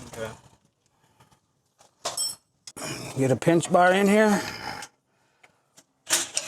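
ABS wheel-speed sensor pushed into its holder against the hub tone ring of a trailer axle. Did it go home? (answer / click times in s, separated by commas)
yes / 6.4 s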